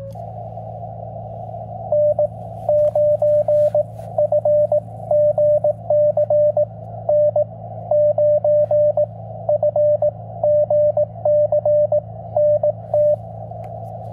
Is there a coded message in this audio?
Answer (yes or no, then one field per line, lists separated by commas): yes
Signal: Morse code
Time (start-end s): 1.9-13.1 s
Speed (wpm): 18 wpm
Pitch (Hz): 590 Hz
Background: radio noise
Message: N9FGC N9FGC NT